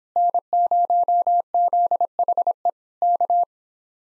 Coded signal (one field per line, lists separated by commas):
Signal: Morse code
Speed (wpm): 26 wpm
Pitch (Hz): 700 Hz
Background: none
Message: N0ZHE K